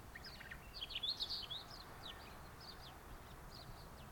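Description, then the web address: Hume's wheatear gives a rapid scratchy twitter early on, followed by sparse thin high notes spaced through the rest, against a low background rumble. "Hume's wheatear. صدای-پرنده-چکچک-شکم-سفید"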